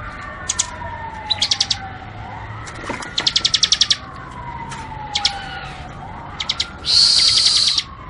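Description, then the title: Bar-winged prinia song: brief high ticking trills, then a loud buzzy burst near the end, with a sliding siren-like wail throughout. Tutor recording from 2019 for training birds, covering the semi and crystal varieties. "Masteran 2019 Cisem Ciblek Semi Dan Cikris Ciblek Kristal"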